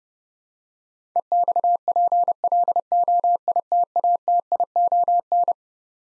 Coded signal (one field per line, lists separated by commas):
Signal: Morse code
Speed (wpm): 30 wpm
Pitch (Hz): 700 Hz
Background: none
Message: EXPLOITATION